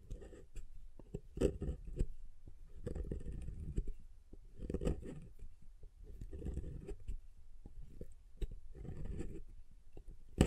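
Soft soap being tapped and carved, with repeated muffled low scraping strokes and scattered sharp clicks recurring every second or so throughout.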